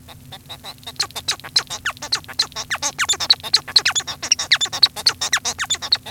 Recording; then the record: song of a male Bengalese finch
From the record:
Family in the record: son of father 1